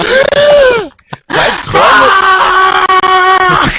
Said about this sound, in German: Das Internet holt tief Luft und schreit auf.